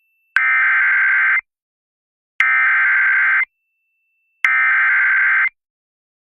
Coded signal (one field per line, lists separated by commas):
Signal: Emergency Alert System (SAME) tones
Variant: header bursts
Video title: Thunderstorms, Yes | 3/11/26 EAS Alert Compilation (EAS #3096-3107)